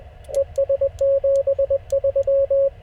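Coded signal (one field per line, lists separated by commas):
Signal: Morse code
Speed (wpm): 21 wpm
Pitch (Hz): 560 Hz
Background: radio noise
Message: ES 73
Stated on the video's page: CW park activation pile-ups and DX after a solar storm, using an FT-891 and a 17-foot telescopic whip from a car.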